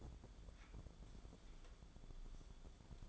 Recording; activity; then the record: daily activity, microphone in the room; take from stove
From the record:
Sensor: 5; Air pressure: 1010.4 hPa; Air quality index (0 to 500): 110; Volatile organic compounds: 2 ppm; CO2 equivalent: 1082 ppm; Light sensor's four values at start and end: 558/1413/588/676 and 552/1406/583/669